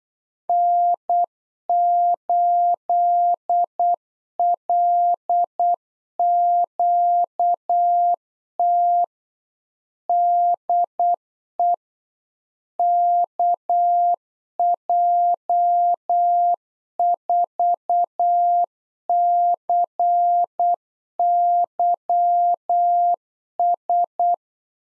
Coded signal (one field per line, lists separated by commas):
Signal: Morse code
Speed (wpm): 8 wpm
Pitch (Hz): 700 Hz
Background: none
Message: N8LQT DE KJ4CYS